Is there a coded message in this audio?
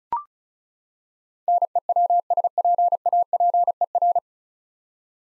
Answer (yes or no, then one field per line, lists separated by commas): yes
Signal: Morse code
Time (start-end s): 1.5-4.2 s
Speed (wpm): 34 wpm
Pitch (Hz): 700 Hz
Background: none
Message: NEWSPAPER